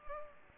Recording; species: mosquito wingbeat signal from an infrared sensor; Culex pipiens